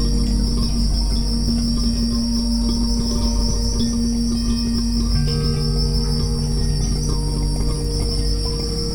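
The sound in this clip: Crickets chirping in a steady high continuous trill, layered over soft sustained low music tones throughout.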